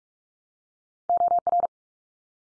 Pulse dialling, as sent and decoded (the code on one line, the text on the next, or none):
none